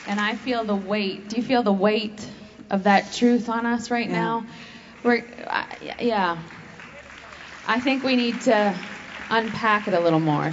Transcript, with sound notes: I feel the weight. Do you feel the weight of that truth on us right now? (applause) I think we need to unpack it a little more.